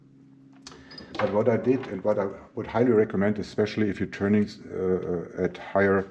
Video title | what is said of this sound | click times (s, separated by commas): New Precision Mathews PM-1030V Lathe - Part A: Setup and Upgrades | which pops right in here in the standard spindle and it locks with the same system. | 0.7 s